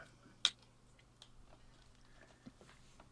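An unidentified part is pushed into its mount in a workshop and locks into place with one sharp, loud click at 0.5 s. Only a few faint taps and ticks follow over a low background hum, and the part stays seated.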